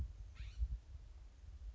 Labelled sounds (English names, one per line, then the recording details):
California Scrub-Jay
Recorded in Sonoma County, California